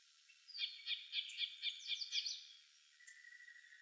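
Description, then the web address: Yellow warbler song, a quick series of several sweet, bright chirped notes over a steady hiss, followed by a faint thin note. Recorded in Arizona. "Dendroica AZFO YWAR 2 deviche 052601"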